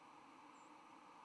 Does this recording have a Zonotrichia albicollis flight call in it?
yes